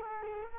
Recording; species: mosquito wingbeat signal from an infrared sensor; Culex quinquefasciatus